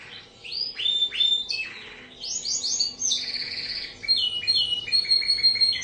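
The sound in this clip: Bird song opening with upswept whistles, then warbled runs and a string of rapid chipping notes.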